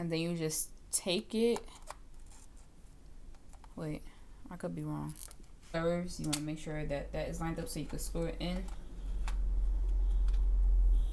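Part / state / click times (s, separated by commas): interchangeable lens into mirrorless camera body mount / seated / 9.3 s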